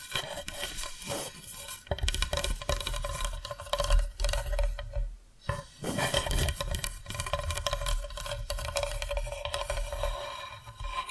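Continuous tapping and scratching, with dense, rapid scraping strokes filling most of the clip. The texture is bright and crackly over a low rumble, with a few louder taps near two and four seconds and a brief lull around five seconds.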